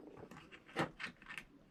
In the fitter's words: there we go snapped into place